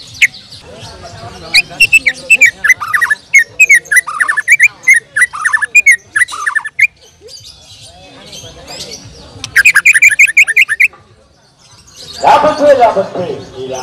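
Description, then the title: Bird song: rapid series of chirps and whistled notes, a pause, another quick burst of high notes, then a lower rougher sound at the end. "Kicau Burung"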